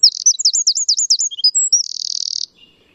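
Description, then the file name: Eurasian wren song: a fast, loud high-pitched burst of tumbling notes, rapid slurred phrases ending in a dry buzzy trill. "Troglodytes troglodytes"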